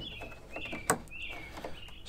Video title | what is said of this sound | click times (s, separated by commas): Litheli 40v Battery Powered Chainsaw and Pole Saw Review | and then you can start pushing it back forward snaps into place there | 0.9 s